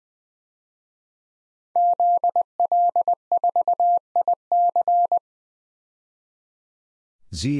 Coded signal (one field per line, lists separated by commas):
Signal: Morse code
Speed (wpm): 20 wpm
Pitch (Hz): 700 Hz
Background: none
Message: ZL4IC